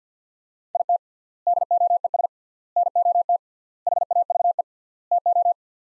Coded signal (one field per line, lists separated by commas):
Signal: Morse code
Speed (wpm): 50 wpm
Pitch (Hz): 700 Hz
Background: none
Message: IT DOES NOT HAVE TO